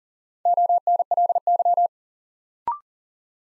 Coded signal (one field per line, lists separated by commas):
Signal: Morse code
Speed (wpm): 40 wpm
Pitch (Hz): 700 Hz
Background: none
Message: ONLY